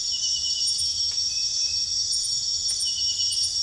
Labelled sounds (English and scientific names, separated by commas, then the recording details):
none
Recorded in dense forest near Puerto Asís, Putumayo, Colombia, on 9 March 2025 at 03:30
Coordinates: 0.484, -76.325
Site G045